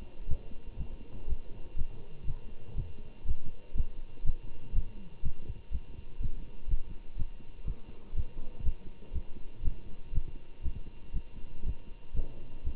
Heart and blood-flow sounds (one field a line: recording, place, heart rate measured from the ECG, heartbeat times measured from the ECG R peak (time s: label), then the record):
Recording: heart sounds by stethoscope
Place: between the tricuspid and mitral areas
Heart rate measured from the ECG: 121 bpm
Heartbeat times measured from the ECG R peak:
0.27 s: heartbeat
0.77 s: heartbeat
1.26 s: heartbeat
1.75 s: heartbeat
2.25 s: heartbeat
2.74 s: heartbeat
3.24 s: heartbeat
3.74 s: heartbeat
4.23 s: heartbeat
4.73 s: heartbeat
5.21 s: heartbeat
5.70 s: heartbeat
6.19 s: heartbeat
6.67 s: heartbeat
7.16 s: heartbeat
7.65 s: heartbeat
8.13 s: heartbeat
8.62 s: heartbeat
9.12 s: heartbeat
9.62 s: heartbeat
10.11 s: heartbeat
10.62 s: heartbeat
11.12 s: heartbeat
11.63 s: heartbeat
12.13 s: heartbeat
12.63 s: heartbeat
From the record:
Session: Bruce protocol treadmill stress test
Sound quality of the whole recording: good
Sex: male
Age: 25 years